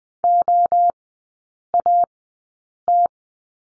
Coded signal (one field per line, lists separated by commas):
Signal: Morse code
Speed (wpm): 20 wpm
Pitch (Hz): 700 Hz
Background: none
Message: OAT